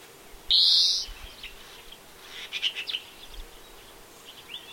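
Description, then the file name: European greenfinch producing a single harsh, nasal wheeze, followed by a cluster of soft, faint chirps and a brief high note near the end. "Chloris chloris"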